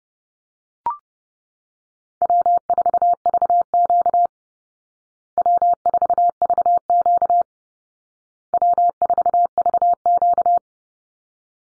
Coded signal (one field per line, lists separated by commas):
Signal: Morse code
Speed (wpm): 30 wpm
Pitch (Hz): 700 Hz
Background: none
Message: W4VQ W4VQ W4VQ